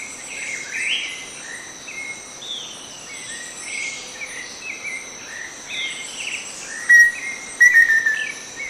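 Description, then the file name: Black-faced antthrush song: one clear whistled note, then a quick run of shorter whistles falling slightly in pitch, over a steady hiss of insects and scattered calls of other birds. "Song of Formicarius analis"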